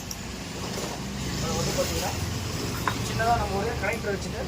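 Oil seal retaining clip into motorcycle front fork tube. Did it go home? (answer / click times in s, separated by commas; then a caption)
no / none. On a Honda Hornet 160 motorcycle front fork, after the oil seal is fitted, a small tool is placed on the steel oil seal retaining lock clip to push it into its groove in the fork tube while someone talks over a steady low rumble. A brief sharp tick sounds near 0.1 s. Nothing has seated or clicked yet.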